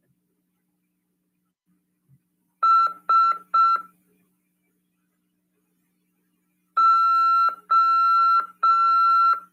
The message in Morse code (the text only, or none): S O